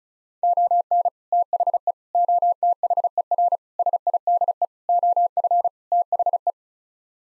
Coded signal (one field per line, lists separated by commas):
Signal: Morse code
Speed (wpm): 34 wpm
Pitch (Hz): 700 Hz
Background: none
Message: ON THE OTHER SIDE OF THE